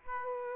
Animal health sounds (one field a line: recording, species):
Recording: mosquito wingbeat signal from an infrared sensor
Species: Aedes aegypti